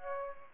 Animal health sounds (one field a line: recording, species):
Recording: mosquito wingbeat signal from an infrared sensor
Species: Aedes aegypti